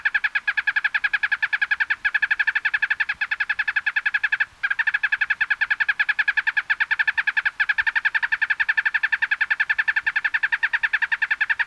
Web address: Natures Songs S America Birds of Ecuador Ash-Colored Tapaculo